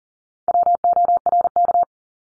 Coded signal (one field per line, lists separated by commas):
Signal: Morse code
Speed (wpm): 40 wpm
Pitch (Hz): 700 Hz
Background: none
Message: WORK